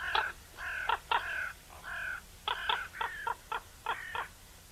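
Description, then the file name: Eurasian magpie giving harsh, grating chak calls in short bursts and stuttering runs, some notes doubled, spread over nearly five seconds with brief pauses between. "Pica pica"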